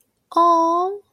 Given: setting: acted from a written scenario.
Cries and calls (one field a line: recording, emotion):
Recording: vocal sound without words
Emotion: adoration